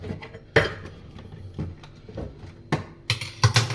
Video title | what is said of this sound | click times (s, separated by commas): Aaj main Carpenter ban gaya 😝 | ये मैंने इसमें हटका दिया और ये बंद हुआ ये लॉक हो गया | 3.4 s